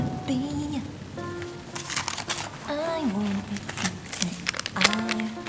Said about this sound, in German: Ich will jetzt nicht mehr los bei dem Regen.